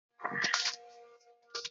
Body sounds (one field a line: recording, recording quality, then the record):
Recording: shallow voluntary cough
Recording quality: poor, much background noise or distortion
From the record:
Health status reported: COVID-19 positive, mild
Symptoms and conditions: cough, fever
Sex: male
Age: 20 years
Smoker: not ticked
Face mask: worn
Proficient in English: yes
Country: France